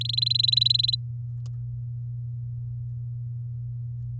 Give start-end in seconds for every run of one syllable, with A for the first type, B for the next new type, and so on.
0.01-0.95 A